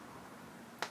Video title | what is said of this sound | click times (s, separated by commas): Magic Pie 4 Vector Released - Golden Motor Canada | plugs are, you hear that little pop, they're very airtight, | 0.8 s